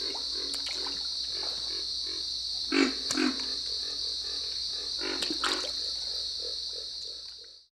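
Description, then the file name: Pig frog grunting, short low snoring grunts repeated in quick irregular runs, a couple of louder grunts, over a steady high drone. "dan gibsons solitudes pig frog"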